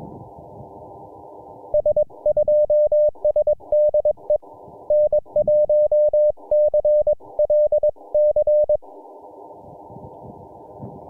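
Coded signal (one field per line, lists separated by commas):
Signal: Morse code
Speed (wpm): 21 wpm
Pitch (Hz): 590 Hz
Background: none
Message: S2S DE N1CLC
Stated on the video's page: Morse heard during a Summits On The Air activation on Combs Peak.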